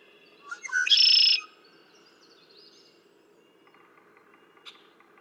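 Red-winged blackbird song: a few short rising introductory notes, then a loud buzzy trill for about half a second, followed by faint scattered chips.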